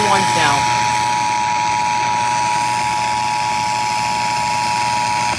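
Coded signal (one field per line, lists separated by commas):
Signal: Emergency Alert System (SAME) tones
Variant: 853 and 960 Hz attention tone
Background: speech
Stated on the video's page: Required monthly tests relayed through the Connecticut state EAS.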